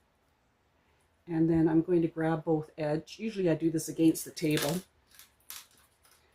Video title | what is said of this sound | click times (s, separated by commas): "Magnolia Rae Traveler Pouch" by Sunshine Stitches - A Step-by-Step Bag Making Sewing Tutorial | And you'll know it goes on because you can hear it click. | 5.5 s